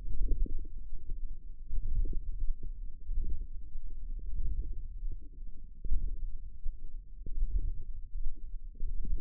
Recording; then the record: forearm muscle sounds (acoustic myography)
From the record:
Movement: wrist flexion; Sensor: system 1, eight BSWA MPA416 microphones around the upper forearm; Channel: 8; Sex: female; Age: 22 years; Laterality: right